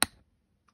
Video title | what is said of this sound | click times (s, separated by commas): How to replace all keycaps on a MacBook Pro A1706, A1707 and A1708 (2016 - 2018) | and gently lift until you hear or feel it click | 0.0 s